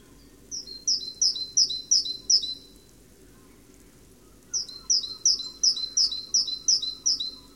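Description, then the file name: Great tit giving bright, high double notes in rapid succession, a short run, a pause of about two seconds, then a longer run, with low background rumble. "Parus major"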